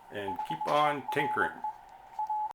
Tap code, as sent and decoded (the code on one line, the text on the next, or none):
none